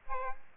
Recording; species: mosquito wingbeat signal from an infrared sensor; Aedes aegypti